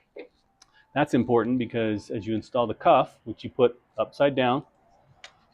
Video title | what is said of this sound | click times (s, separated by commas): in-Motion Forearm Crutch Assembly | put it against the C clip, put some pressure on it, you hear it snap in, rotate it 180 degrees, and | 5.2 s